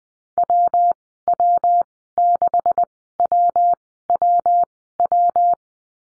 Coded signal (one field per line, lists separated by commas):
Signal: Morse code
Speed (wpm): 20 wpm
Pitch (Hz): 700 Hz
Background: none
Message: WW6WWW